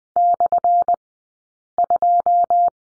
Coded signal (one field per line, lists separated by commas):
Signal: Morse code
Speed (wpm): 20 wpm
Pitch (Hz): 700 Hz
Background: none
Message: /2